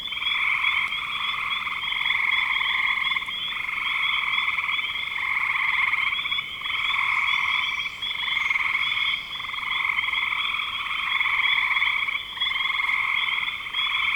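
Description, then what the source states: Many frogs calling at once, a dense trilling chorus broken by short dips every few seconds. Recorded in spring 2025.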